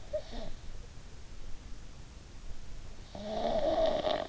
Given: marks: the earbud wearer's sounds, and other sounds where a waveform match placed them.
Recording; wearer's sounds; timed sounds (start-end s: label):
sounds in sleep by an in-ear microphone; breath
0.07-1.43 s: breath
3.05-4.29 s: breath